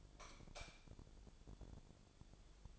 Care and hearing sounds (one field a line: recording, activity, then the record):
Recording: daily activity, microphone in the room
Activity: light off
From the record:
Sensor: 5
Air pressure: 1000.1 hPa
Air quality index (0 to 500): 102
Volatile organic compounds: 1 ppm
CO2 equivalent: 830 ppm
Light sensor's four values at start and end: 229/543/233/259 and 228/540/232/257